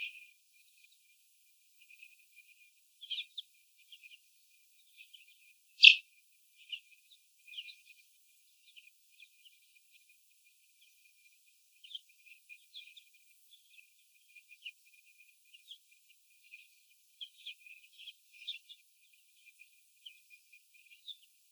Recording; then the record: young laying hens in a cage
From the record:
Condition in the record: after the stressor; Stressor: sudden umbrella opening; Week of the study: 2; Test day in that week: 1